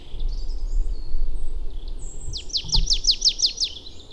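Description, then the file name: Marsh tit calling a rapid burst of about eight high, downward-sweeping notes, with a brief thin whistle earlier and low rumbling noise underneath. "Poecile palustris"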